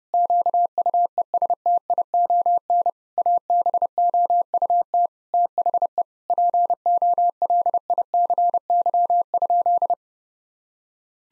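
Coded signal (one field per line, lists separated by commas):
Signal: Morse code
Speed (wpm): 30 wpm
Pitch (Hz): 700 Hz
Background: none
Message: QUESTION ABOUT THE POLICY?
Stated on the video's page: Morse code sentence-copying practice at 30 wpm built on common six-word phrases, sent once, then spoken, then sent again.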